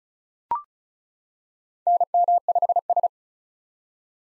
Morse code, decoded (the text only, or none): NM5S